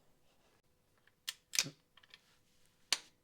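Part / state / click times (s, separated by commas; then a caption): torque wrench tightening sump plug into oil pan / torque reached / 2.9 s. A new sump plug, started finger tight in the oil pan of a Ford Fiesta Mk7, is tightened with a torque wrench set to 28 Nm (21 ft-lb), giving a series of short ratcheting clicks and scrapes around 1.3, 1.6 and 2.0–2.1 seconds while someone talks. The wrench gives its first sharp click at 2.9 s, showing the plug is done up to the set torque.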